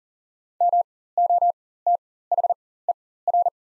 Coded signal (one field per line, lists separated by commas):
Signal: Morse code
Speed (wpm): 40 wpm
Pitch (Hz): 700 Hz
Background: none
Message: MOTHER